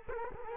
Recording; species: mosquito wingbeat signal from an infrared sensor; Culex quinquefasciatus